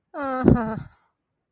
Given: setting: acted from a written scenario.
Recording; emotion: vocal sound without words; embarrassment